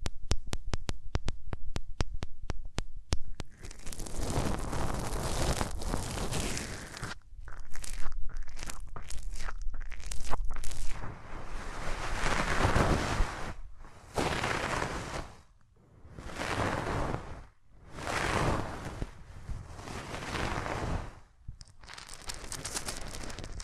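Hands rub over the ears in dense, crackling swishes, starting with rapid ticking taps, then long scratchy strokes broken by brief silences later.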